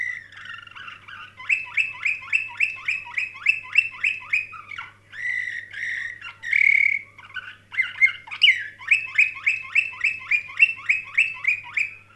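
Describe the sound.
Canary song: long rolling trills of fast repeated notes, broken by a sustained tone and warbled phrases, then another steady trill; faint hum underneath.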